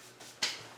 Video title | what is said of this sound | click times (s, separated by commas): Building An Automatic Hay Feeder For Our Rabbits! [With Christmas And New Years Recap] | locked into place | 0.4 s